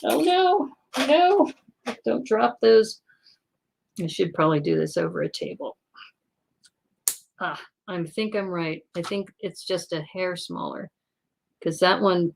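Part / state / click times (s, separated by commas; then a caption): small plastic brick piece into a brick model / seated / 7.1 s. A small plastic toy brick piece is pressed into place on a brick model, with someone talking before and after. One sharp click at 7.1 s marks the piece snapping right in and seating, suggesting it is just a hair smaller.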